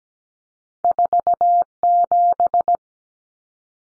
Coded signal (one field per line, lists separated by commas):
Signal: Morse code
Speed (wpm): 17 wpm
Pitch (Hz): 700 Hz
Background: none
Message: 47